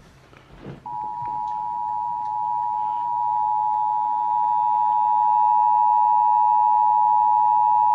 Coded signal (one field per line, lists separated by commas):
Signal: Emergency Alert System (SAME) tones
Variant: 853 and 960 Hz attention tone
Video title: How to Start Off the Year 2021? Simple... Tornado Warnings (EAS #2076-2099)